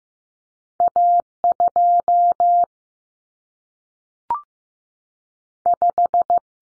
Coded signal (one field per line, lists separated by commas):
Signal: Morse code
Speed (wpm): 15 wpm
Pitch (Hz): 700 Hz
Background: none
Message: A2 5